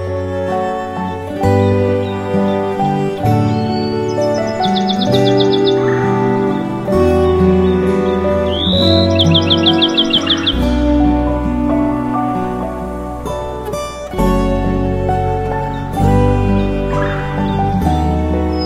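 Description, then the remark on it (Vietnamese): Two short, bright bursts of bird trills and chirps ring out over a loud, continuous bed of melodic instrumental music with sustained tones and deep bass. “Các loài chim quý cất giọng hót líu lo, thánh thót hát cho mỏm đá nghe những bài hát hay nhất của loài chim.”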